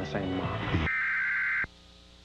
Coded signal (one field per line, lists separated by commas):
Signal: Emergency Alert System (SAME) tones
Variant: header bursts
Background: speech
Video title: Comcast Emergency Alert System - Flash Flood Warning (July 17, 2006)